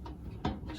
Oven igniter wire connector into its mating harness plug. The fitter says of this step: go until it snaps